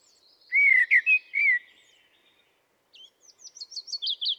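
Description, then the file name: Common blackbird delivering a smooth fluted phrase of slurred whistles, then after a pause a rapid series of thin, high-pitched twittering notes. "Turdus merula"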